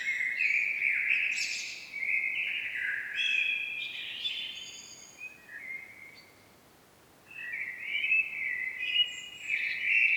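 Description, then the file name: Common blackbird song: low, mellow fluted phrases ending in higher squeaky twitters, with a pause of about a second before the next phrase; no other clear sounds. "Turdus merula"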